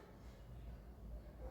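A fingerprint sensor module that was not clipped in properly is being handled in the plastic frame of an LG K10 2017 (LG-M250I) smartphone as it is pushed toward the top of the phone. Only quiet, steady low-frequency rumble and faint handling noise are heard, with no sharp transients. Nothing has seated or clicked yet.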